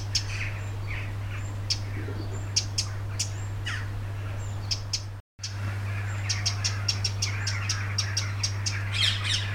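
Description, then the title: Wren calls as hard ticks, sparse at first and then in a fast run after a brief silent gap, over a constant low hum. Loud contact calls in a back garden, on 25 June 2021 at 19:00, in the evening. "garden Ambient 20210625 T 1900 Z-wren-loud-contact-calls-in-16 WW-back-garden"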